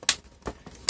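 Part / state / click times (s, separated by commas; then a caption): plastic screen bezel clips into laptop display lid / seated / 0.1 s, 0.9 s. The plastic LCD screen bezel of an Asus E510 laptop is squeezed gently along its edge so its clips snap back into the frame of the display lid, with sharp, bright clicks at 0.1 s and 0.9 s and a softer, duller knock in between. The bezel clips seat back into place.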